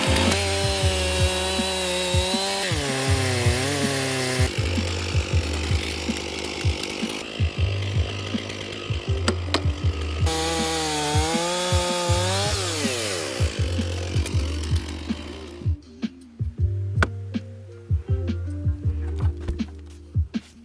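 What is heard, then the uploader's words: A chainsaw runs throughout, its engine pitch rising and falling as it revs and bogs down in the cut, with wavering whines around the 3 and 12 second marks. Sharp ticks and knocks punctuate the drone, and after about 16 seconds the saw settles to a lower, rougher idle. Barefoot Chainsawing.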